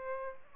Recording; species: mosquito wingbeat signal from an infrared sensor; Aedes albopictus